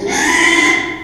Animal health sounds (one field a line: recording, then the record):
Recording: squeal of a Yucatan mini pig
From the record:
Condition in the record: after surgery on the right vocal fold (resection and tissue-engineered implant)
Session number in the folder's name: 3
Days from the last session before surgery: 33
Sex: male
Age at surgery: 12 weeks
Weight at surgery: 13 kg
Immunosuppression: cyclosporine, prednisolone